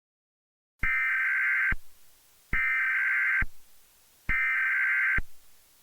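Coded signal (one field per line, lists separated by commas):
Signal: Emergency Alert System (SAME) tones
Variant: header bursts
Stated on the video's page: Fictional EAS scenario.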